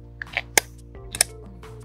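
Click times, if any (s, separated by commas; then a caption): 0.6 s. A River Indie Gen 3 scooter's seat/boot lid is pressed down into its latch over an under-seat boot packed with a charger, bottles, a cleaning cloth, a rain suit and a lunch bag. A few light taps and knocks lead up to a sharp, loud snap at 0.6 s, followed by another pair of clacks near 1.2 s over a steady low hum and background music. The lid latches fully shut, with the strongest hit at 0.6 s taken as the latch.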